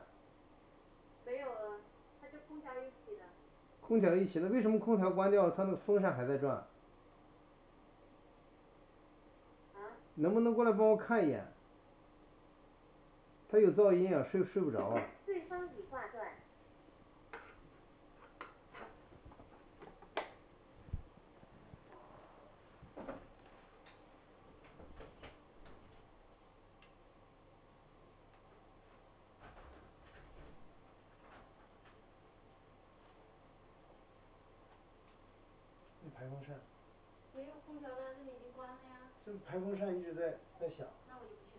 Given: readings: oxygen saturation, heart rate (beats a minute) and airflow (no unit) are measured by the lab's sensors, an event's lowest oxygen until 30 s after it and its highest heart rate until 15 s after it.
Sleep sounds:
a person awake in a sleep study, by a voice recorder at the bedside; none
0.00-41.59 s: awake
From the record:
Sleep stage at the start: awake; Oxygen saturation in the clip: 95 to 97%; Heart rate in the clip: 48 to 73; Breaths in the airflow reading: 11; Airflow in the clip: -5.0 to 8.4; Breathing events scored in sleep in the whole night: 207 in 7.6 hours asleep

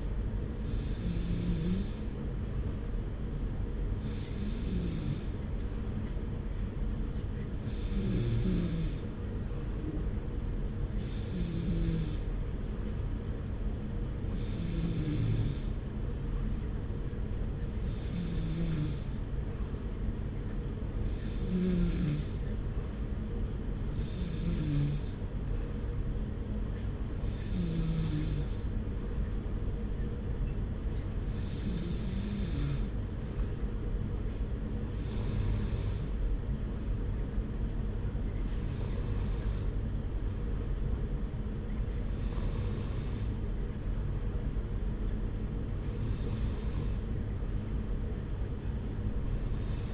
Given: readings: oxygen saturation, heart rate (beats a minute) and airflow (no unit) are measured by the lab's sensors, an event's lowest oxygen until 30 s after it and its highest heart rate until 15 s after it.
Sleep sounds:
breathing in sleep by a smartphone at the bedside; none
none scored
From the record:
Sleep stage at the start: N2 (light sleep); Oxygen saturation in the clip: 93 to 94%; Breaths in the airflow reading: 15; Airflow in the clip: -0.8 to 0.9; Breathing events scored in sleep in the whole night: 335 in 6.7 hours asleep

